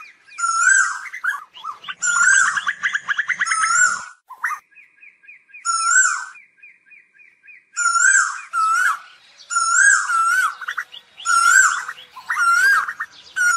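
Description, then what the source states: Asian koel giving bright, harmonic whistled calls in phrases of several seconds, broken by pauses and a soft, rapid ticking series. Calling the flock.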